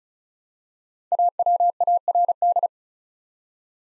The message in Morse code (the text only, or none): AWARD